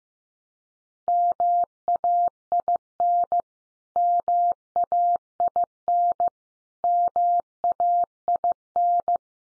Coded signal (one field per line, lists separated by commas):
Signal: Morse code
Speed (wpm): 15 wpm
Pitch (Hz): 700 Hz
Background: none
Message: MAIN MAIN MAIN